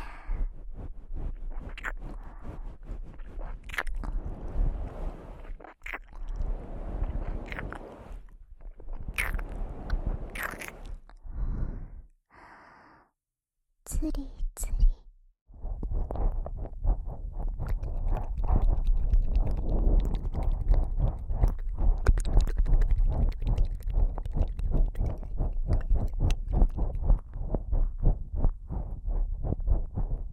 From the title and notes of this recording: ASMR Christmas Ear Eating.